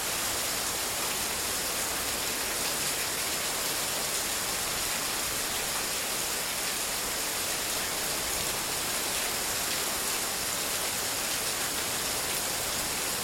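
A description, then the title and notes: Heavy rain from a tropical storm pours down in a dense, unbroken hiss that stays steady and even for the whole stretch. The sound is bright, with a thin constant whine high up and a faint low rumble of wind beneath. Tropical Storm: Heavy Rain and Wind Sounds. The heavy winds and rain from this tropical storm.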